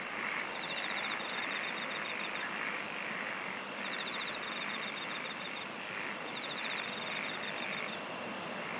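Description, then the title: Insect song of repeated pulsed trills over a continuous shrill drone, with a few brief high clicks. "SINGING OF INSECTS"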